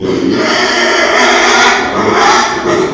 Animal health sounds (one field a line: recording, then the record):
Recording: squeal of a Yucatan mini pig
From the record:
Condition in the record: after surgery on the right vocal fold (resection and tissue-engineered implant)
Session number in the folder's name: 2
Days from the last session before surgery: 13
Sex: male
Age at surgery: 12 weeks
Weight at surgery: 13 kg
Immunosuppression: cyclosporine, prednisolone